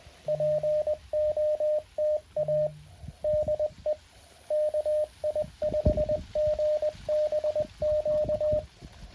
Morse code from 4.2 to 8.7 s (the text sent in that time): KI5GBQ